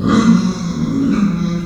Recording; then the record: squeal of a Yucatan mini pig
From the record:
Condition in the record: after surgery on the right vocal fold (resection and tissue-engineered implant); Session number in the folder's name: 9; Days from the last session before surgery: 65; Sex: female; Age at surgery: 19 weeks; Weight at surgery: 25 kg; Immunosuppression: prednisolone